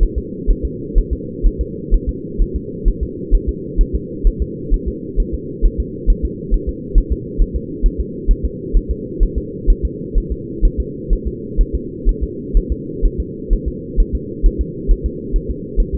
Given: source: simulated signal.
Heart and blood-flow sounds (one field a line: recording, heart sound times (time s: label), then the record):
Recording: fetal heart sounds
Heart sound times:
0.03 s: S1
0.18 s: S2
0.50 s: S1
0.65 s: S2
0.98 s: S1
1.13 s: S2
1.46 s: S1
1.61 s: S2
1.94 s: S1
2.09 s: S2
2.42 s: S1
2.56 s: S2
2.88 s: S1
3.03 s: S2
3.34 s: S1
3.49 s: S2
3.81 s: S1
3.95 s: S2
4.27 s: S1
4.42 s: S2
4.74 s: S1
4.88 s: S2
5.20 s: S1
5.34 s: S2
5.65 s: S1
5.80 s: S2
6.10 s: S1
6.25 s: S2
6.54 s: S1
6.69 s: S2
6.98 s: S1
7.12 s: S2
7.42 s: S1
7.56 s: S2
7.86 s: S1
8.00 s: S2
8.31 s: S1
8.45 s: S2
8.77 s: S1
8.91 s: S2
9.23 s: S1
9.38 s: S2
9.70 s: S1
9.85 s: S2
10.18 s: S1
10.32 s: S2
10.65 s: S1
10.80 s: S2
11.13 s: S1
11.28 s: S2
11.61 s: S1
11.75 s: S2
12.09 s: S1
12.23 s: S2
12.57 s: S1
12.72 s: S2
13.05 s: S1
13.20 s: S2
13.53 s: S1
13.68 s: S2
14.00 s: S1
14.15 s: S2
14.46 s: S1
14.61 s: S2
14.91 s: S1
15.06 s: S2
15.36 s: S1
15.50 s: S2
15.80 s: S1
15.95 s: S2
From the record:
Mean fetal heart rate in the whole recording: 130 bpm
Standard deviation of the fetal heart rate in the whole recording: 4 bpm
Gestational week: 38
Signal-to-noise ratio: -4.1 dB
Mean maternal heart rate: no maternal heart sound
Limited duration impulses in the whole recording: absent